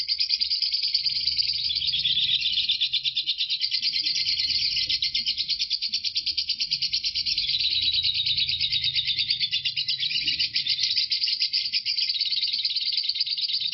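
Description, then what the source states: Lovebird delivering a long, nonstop stream of high, buzzy trilled notes, fast and dense, over faint low background noise. Lovebird Marco performing ngekek; the ngekek recording lasts 5 minutes 25 seconds.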